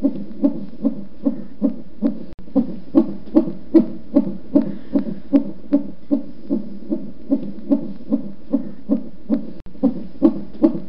Fetal Heartbeat.